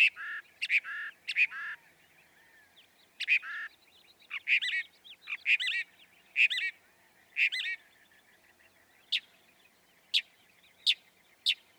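Northern mockingbird song: harsh squawking notes and sharp clicks in an irregular, varied sequence with short gaps.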